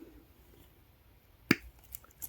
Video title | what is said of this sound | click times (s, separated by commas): An Interactive Journal Page with Barn Door & Hidden Writing Space - Love Letters & Lace • Pt. 6 | the second click and that flattens it. | 1.5 s